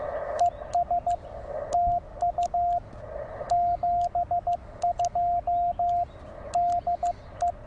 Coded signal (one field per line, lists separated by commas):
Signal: Morse code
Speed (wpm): 14 wpm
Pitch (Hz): 700 Hz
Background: radio noise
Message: ES TU 72 DE